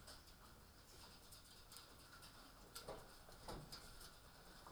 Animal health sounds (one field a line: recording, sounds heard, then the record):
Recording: poultry house recording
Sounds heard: healthy chickens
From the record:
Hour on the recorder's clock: 18